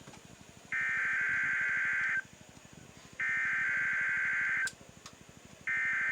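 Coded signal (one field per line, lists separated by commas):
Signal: Emergency Alert System (SAME) tones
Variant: header bursts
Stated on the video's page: NOAA Weather Radio weekly test relayed through EASyCAST and Sage equipment.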